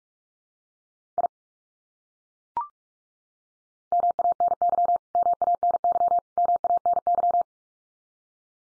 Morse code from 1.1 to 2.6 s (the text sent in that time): I